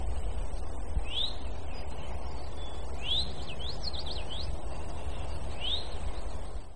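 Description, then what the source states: Eastern towhee calling: three short rising slurred notes, with a brief run of quick notes in the middle, over strong low rumbling noise. Recorded 1 May 2016.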